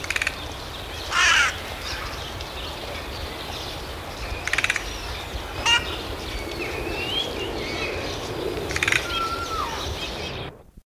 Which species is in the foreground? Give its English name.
Hooded Crow